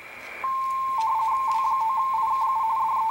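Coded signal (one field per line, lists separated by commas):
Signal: RTTY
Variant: 45 baud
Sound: a steady idle tone, then a fast burbling warble between two close pitches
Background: radio static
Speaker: two stations talking together one is W5 mxo the other one is W9 I KU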